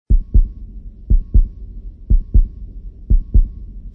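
Steady, deep paired thumps, a lub-dub about once a second, four beats at roughly 60 per minute with an even rhythm. A heartbeat sound effect, low and muffled, with no other sounds behind it.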